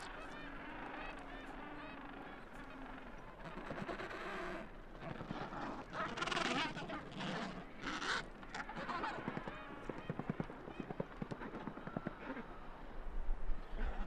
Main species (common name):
Adelie Penguin